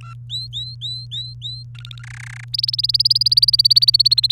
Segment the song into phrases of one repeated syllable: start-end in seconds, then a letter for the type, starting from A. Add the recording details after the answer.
0.01-0.14 A, 0.30-1.64 B, 1.75-2.03 C, 2.04-2.44 D, 2.53-4.32 E. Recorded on 29 April 2018 at 05:52. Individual llb3